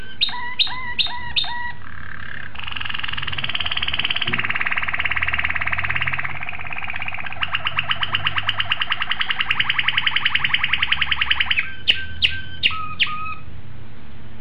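Domestic canary song: sharp repeated chirps, then long buzzy trills that build into a fast pulsed roll, ending with more chirps.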